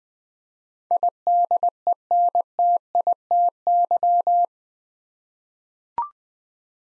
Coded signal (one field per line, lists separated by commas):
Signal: Morse code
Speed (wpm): 20 wpm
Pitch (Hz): 700 Hz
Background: none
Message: IDENTITY